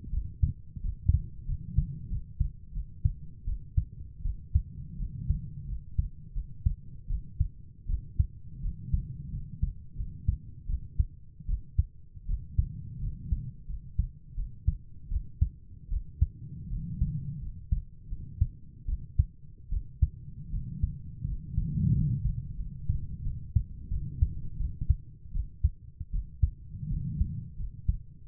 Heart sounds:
heart sounds by stethoscope; 83 bpm
0.11 s: heartbeat
0.82 s: heartbeat
1.46 s: heartbeat
2.09 s: heartbeat
2.73 s: heartbeat
3.45 s: heartbeat
4.23 s: heartbeat
4.98 s: heartbeat
5.67 s: heartbeat
6.34 s: heartbeat
7.08 s: heartbeat
7.87 s: heartbeat
8.62 s: heartbeat
9.31 s: heartbeat
9.96 s: heartbeat
10.67 s: heartbeat
11.47 s: heartbeat
12.27 s: heartbeat
13.01 s: heartbeat
13.67 s: heartbeat
14.36 s: heartbeat
15.10 s: heartbeat
15.90 s: heartbeat
16.70 s: heartbeat
17.40 s: heartbeat
18.09 s: heartbeat
18.86 s: heartbeat
19.70 s: heartbeat
20.51 s: heartbeat
21.25 s: heartbeat
21.92 s: heartbeat
22.57 s: heartbeat
23.23 s: heartbeat
23.90 s: heartbeat
24.58 s: heartbeat
25.33 s: heartbeat
26.12 s: heartbeat
26.89 s: heartbeat
27.57 s: heartbeat
28.26 s: heartbeat
From the record:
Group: healthy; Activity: rest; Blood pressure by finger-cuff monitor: 124/71 mmHg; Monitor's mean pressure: 87 mmHg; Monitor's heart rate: 84 bpm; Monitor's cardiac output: 7.1 L/min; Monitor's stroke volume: 83 mL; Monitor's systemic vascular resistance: 900 dyn s/cm5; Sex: female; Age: 22 years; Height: 160 cm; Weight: 63 kg

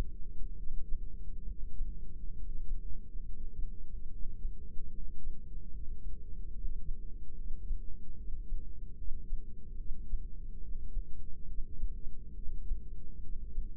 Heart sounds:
heart sounds by microphone in the right ear; 71 bpm
0.57 s: heartbeat
1.48 s: heartbeat
2.37 s: heartbeat
3.25 s: heartbeat
4.11 s: heartbeat
4.92 s: heartbeat
5.72 s: heartbeat
6.54 s: heartbeat
7.36 s: heartbeat
8.17 s: heartbeat
8.97 s: heartbeat
9.77 s: heartbeat
10.61 s: heartbeat
11.47 s: heartbeat
12.34 s: heartbeat
13.21 s: heartbeat
From the record:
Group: heart failure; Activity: Valsalva maneuver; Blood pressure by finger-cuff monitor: 156/97 mmHg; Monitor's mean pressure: 120 mmHg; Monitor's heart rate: 71 bpm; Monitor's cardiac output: 7.3 L/min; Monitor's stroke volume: 102 mL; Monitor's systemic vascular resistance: 1180 dyn s/cm5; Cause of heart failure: non-ischemic cardiomyopathy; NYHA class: 1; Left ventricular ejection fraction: 62%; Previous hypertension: present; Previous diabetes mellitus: present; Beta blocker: bisoprolol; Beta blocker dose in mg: 10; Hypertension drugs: sacubitril-valsartan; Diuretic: furosemide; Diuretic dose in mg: 20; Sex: male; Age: 49 years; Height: 167 cm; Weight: 110 kg

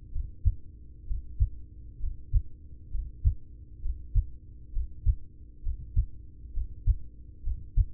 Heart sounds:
heart sounds by stethoscope; 66 bpm
0.08 s: heartbeat
1.03 s: heartbeat
1.96 s: heartbeat
2.87 s: heartbeat
3.78 s: heartbeat
4.69 s: heartbeat
5.59 s: heartbeat
6.50 s: heartbeat
7.40 s: heartbeat
From the record:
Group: heart failure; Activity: Valsalva maneuver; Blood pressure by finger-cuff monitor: 91/60 mmHg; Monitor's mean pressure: 69 mmHg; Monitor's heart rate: 66 bpm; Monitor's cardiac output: 4.6 L/min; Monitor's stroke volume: 71 mL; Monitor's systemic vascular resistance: 1070 dyn s/cm5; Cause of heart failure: ischemic heart disease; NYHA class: 1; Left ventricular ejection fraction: 33%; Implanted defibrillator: present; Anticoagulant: apixaban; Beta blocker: carvedilol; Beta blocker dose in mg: 18.75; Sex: male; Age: 39 years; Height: 168 cm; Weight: 72 kg

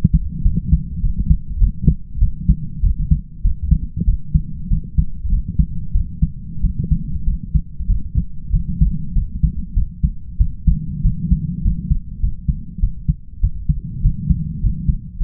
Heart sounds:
heart sounds by stethoscope; 98 bpm
0.43 s: heartbeat
1.01 s: heartbeat
1.59 s: heartbeat
2.20 s: heartbeat
2.82 s: heartbeat
3.42 s: heartbeat
4.05 s: heartbeat
4.69 s: heartbeat
5.30 s: heartbeat
5.93 s: heartbeat
6.62 s: heartbeat
7.25 s: heartbeat
7.87 s: heartbeat
8.51 s: heartbeat
9.14 s: heartbeat
9.74 s: heartbeat
10.38 s: heartbeat
11.02 s: heartbeat
11.62 s: heartbeat
12.20 s: heartbeat
12.80 s: heartbeat
13.41 s: heartbeat
14.02 s: heartbeat
14.61 s: heartbeat
15.18 s: heartbeat
From the record:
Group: healthy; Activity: light exercise 0-9 s, rest 9-15 s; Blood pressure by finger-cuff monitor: 107/56 mmHg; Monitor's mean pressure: 70 mmHg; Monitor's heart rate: 97 bpm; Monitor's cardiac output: 7.5 L/min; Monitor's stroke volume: 77 mL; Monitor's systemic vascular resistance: 660 dyn s/cm5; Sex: male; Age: 20 years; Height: 167 cm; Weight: 61 kg

